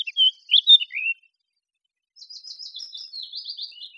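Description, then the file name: Eurasian blackcap song: a few loud, clear whistled notes, a pause, then a softer, fast scratchy twitter that runs to the end. "Sylvia atricapilla"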